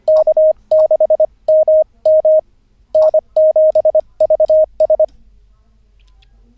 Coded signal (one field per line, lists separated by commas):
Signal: Morse code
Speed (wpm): 25 wpm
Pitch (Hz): 620 Hz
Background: radio noise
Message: K6MM N7VS